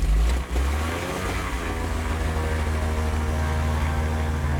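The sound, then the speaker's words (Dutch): A small twin-engine patrol aircraft, flying over the sea along migrant routes from Tunisia and Libya to Europe, drones steadily, its loud low engine hum layered with stacked harmonic tones, holding constant throughout with only a brief dip near the start. “We zijn op patrouille met Seabird, een tweemotorig vliegtuigje dat iedere dag over de routes vliegt, die migranten en vluchtelingen nemen om vanuit Tunesië of Libië Europa te bereiken.”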